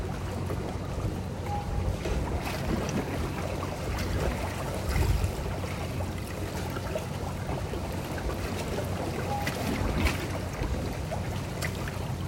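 River water slaps against the embankment at night along the Tamsui River, a dense, steady wash with a low rumble underneath. Brighter splashes break through around two, five and ten seconds, and faint short tones appear near two and nine seconds.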